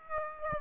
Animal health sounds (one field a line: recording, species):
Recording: mosquito wingbeat signal from an infrared sensor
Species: Aedes aegypti